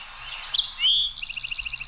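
Eastern Towhee song: two clear introductory notes, the second a longer slurred whistle, followed by a fast high trill of repeated short notes.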